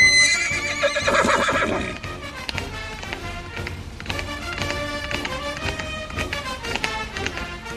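A horse lets out a loud, shrill whinny, followed by a steady, rhythmic clip-clop of hooves that continues to the end with no talking.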